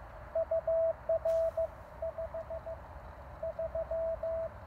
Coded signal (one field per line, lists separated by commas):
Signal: Morse code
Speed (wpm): 18 wpm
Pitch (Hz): 640 Hz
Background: none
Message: UR 53